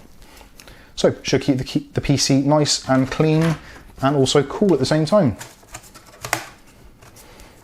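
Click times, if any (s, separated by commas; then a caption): 6.3 s. Someone talks, then a removable front panel or filter cover is pushed back onto a Sharkoon Nightshark RGB Tempered Glass ATX PC tower case. It seats with a loud, sharp snap at 6.3 s, clicking firmly into position.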